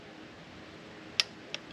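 A torque wrench set to 156 inch-pounds tightens a new spark plug against its crush gasket in the cylinder head of a Dodge Journey 3.6L. After a low steady background, the wrench gives a sharp click at 1.2 s, followed by a fainter second tick at about 1.5 s. The plug reaches its torque spec.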